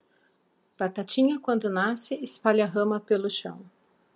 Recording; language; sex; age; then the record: short text; Brazilian Portuguese; female; 40 to 49 years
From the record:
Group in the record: control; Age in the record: 46 years